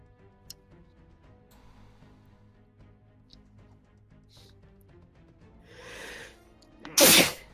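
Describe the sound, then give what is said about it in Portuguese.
A single loud sneeze: a breathy, rising intake leads into a sharp, explosive burst near the end, over a faint background of soft ticking and low hum. “Santinho”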